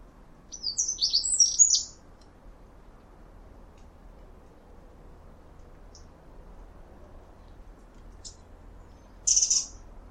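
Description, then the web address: Bird calls: a burst of high, rapid chirps and twittering notes in the first two seconds, a few faint ticks, then a brief loud high note near the end; low background hum. "Deverinetal 2025 File origin Bird Only"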